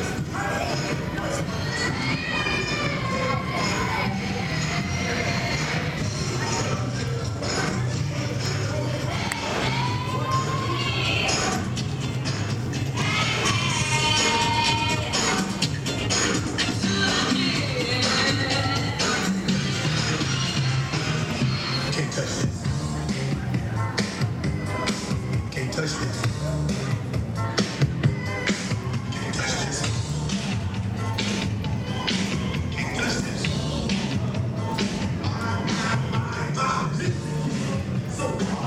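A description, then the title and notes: Constant crowd noise at Universal Studios Florida, a dense wash of overlapping voices and chatter that never lets up. Children shout now and then and brief cheers rise above the murmur, with occasional thumps, while a steady low rumble runs underneath throughout. A Day at Universal Studios Florida. Listen as you hear us walk the park as we journey from attraction to attraction. Audio from the Universal Studios Florida theme park.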